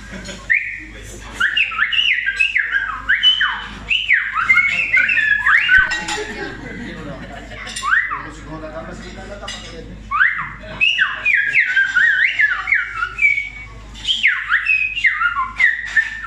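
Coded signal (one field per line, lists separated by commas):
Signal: whistled language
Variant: Silbo Gomero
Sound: loud gliding whistles rising and falling in phrase-like bursts, with brief pauses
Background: restaurant clatter, dishes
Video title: El Silbo Gomero Demostración Restaurante Mirador Abrante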